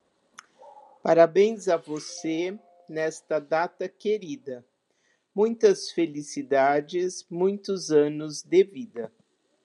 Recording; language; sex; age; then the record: short text; Brazilian Portuguese; female; 70 to 79 years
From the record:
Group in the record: control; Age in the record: 71 years